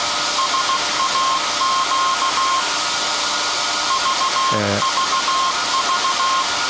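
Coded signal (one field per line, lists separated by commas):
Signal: Morse code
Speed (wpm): 16 wpm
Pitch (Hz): 1060 Hz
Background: none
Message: SAQ VVV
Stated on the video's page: Alexanderson Alternator SAQ from 1924 at Grimeton, live startup and telegraphing of a message; no transmission over the antenna possible.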